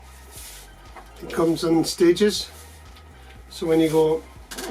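A Wicked Lights Rekon tripod leg is handled and swung up toward the first position of its three-stage angle-lock clip in the tripod hub, with soft handling sounds under a low steady hum while someone talks. Nothing has seated or clicked yet.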